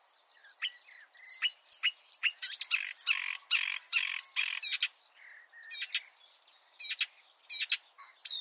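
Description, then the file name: Marsh warbler song, a jumbled run of chattering and buzzy phrases with scattered sharp chips, pausing briefly before more high notes. "suara-kicauan-burung-marsh-warbler -omkicau"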